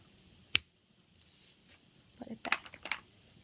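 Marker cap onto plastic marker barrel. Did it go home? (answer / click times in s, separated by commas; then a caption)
yes / 0.5 s. A marker cap is pushed back onto a plastic marker barrel and snaps home with a single loud, sharp click at 0.6 s, so the cap is seated. After a quiet pause, a cluster of softer clicks and rustling handling sounds follows from about 2.2 to 3.0 s.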